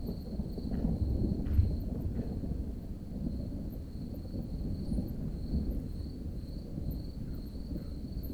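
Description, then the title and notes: Crickets: a steady, continuous high trill with faint high ticks above, over a heavy low rumble of rain. Garden of a small village in Nedde, France, as a thunderstorm approaches and rain intensifies; recorded with a Zoom H5 and HYH-5 stereo microphone. "Mnt des Athlètes, Nedde, France. Thunderstorm approaching, crickets, bats, rare footsteps and vehicles in the distance, rain intensifying nearby a garden in a little village"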